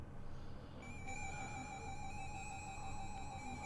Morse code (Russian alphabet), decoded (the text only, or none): none